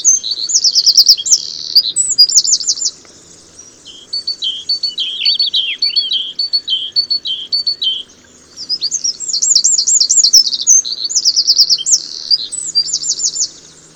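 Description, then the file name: Eurasian wren song: two long, loud bursts of rapid high trills and warbled notes, with a softer, lower stretch between them set off by brief pauses. "Troglodytes troglodytes"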